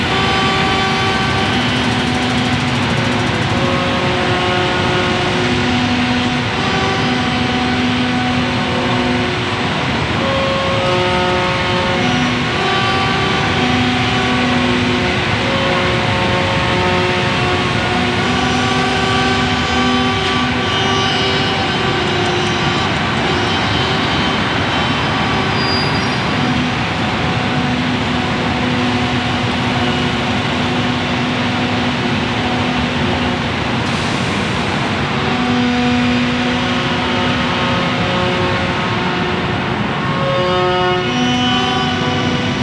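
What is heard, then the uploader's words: A synthesised soundscape built on a dense, constant rumbling drone, like a vehicle or train running steadily. Sustained tones at several pitches fade in and out over it, overlapping and shifting every few seconds, while the overall loudness stays level throughout. A synthesised soundscape.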